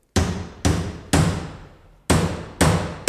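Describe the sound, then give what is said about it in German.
A nail being hammered: six sharp, loud blows in an uneven rhythm with a longer pause midway, each strike ringing briefly before fading. No voices. “Nagel, Hammer.”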